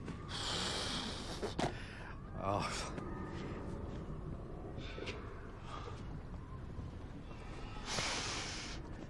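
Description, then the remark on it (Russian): Deep, anxious breathing: a long, loud, hissing breath at the start and another near the end, with quieter snorting and rasping breaths in between. “глубоко, тревожно дышит.”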